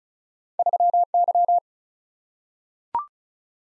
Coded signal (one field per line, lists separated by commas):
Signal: Morse code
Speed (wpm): 36 wpm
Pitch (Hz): 700 Hz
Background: none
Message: 3Y